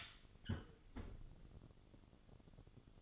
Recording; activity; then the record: daily activity, microphone in the room; close fridge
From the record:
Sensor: 4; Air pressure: 1008.6 hPa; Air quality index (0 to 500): 72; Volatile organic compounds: 1 ppm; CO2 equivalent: 626 ppm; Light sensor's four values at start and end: 12/28/11/11 and 13/29/12/12